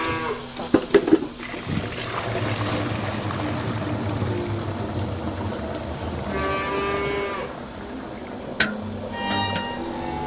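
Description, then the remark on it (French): Cows on a dairy farm low and moo over a steady farmyard hum, one long drawn-out call standing out midway, with a few sharp metallic clanks near the start and a couple of clicks toward the end. “J'ai toujours envie de voir le lait comme ça qui sort de la fille de la vache.”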